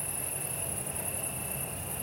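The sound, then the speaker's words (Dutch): Several crickets trill steadily at once, their high-pitched tones sitting at distinct pitches over a soft hiss of background noise, with no voices. “Dus krekels maken geluiden die je mee kan fluiten, zeg ik altijd.”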